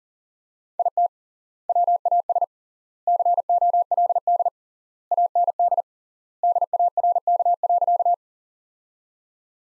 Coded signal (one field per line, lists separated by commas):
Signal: Morse code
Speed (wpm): 40 wpm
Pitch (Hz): 700 Hz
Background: none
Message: IT WAS COLD AND DARK.